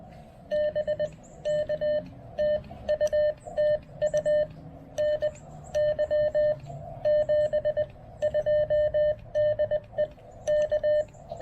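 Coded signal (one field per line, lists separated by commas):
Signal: Morse code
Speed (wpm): 19 wpm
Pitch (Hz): 590 Hz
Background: none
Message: BK TU TU NY 72 DE K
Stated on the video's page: POTA park activation at Fort Dobbs with a Xiegu G106 QRP transceiver, MC-750 antenna, BCI filter kit, and battery power that ran down.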